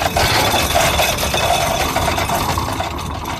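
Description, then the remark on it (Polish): A boat anchor is dropped from the bow in a narrow bay while mooring, about 17–20 metres of chain let out to reach the bottom: the chain runs out in a loud, steady metallic rattle and clatter that lasts throughout, over a low mechanical engine hum. “Kotwicę rzucono, ale to jest dopiero początek cumowania.”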